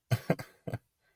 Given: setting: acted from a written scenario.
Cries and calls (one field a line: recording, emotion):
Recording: vocal sound without words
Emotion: shame